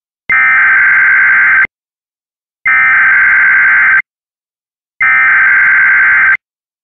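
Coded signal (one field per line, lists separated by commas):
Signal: Emergency Alert System (SAME) tones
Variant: header bursts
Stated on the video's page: Fictional horror mock alert depicting a zombie apocalypse scenario.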